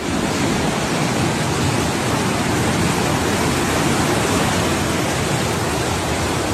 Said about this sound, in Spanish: Los vecinos de Ubrique han visto cómo sus calles se han convertido en auténticos ríos, un espectáculo de la naturaleza.